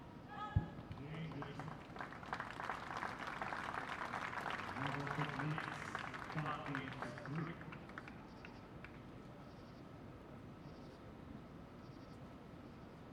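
Night-time tennis match with people chatting quietly and a low rumble, like a passing train, swelling through the first eight seconds before fading. A sharp single knock comes near the start, and faint crickets chirp in short, regular bursts through the quieter second half.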